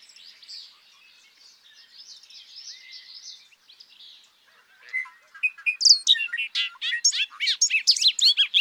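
Bobolink song: faint notes at first, followed by a loud, bubbling, tinny cascade of fast-changing notes.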